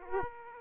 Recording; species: mosquito wingbeat signal from an infrared sensor; Aedes aegypti